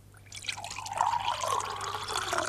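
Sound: water dripping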